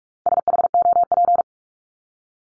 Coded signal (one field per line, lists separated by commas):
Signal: Morse code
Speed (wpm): 44 wpm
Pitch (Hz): 700 Hz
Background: none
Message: SHOP